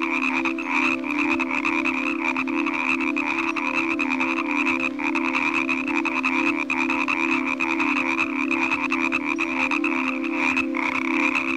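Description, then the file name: Frogs calling together in a steady, grating chorus of fast raspy pulses that never pauses. "Nature Collection - Croak Frog Calls"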